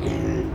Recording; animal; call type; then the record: contact call of a hoofed animal; pig; closed-mouth grunt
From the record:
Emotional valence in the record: negative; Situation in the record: short social isolation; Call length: 0.55 s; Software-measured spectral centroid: 1530 Hz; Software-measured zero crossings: 850 a second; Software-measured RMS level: -24 dBFS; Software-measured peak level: -14 dBFS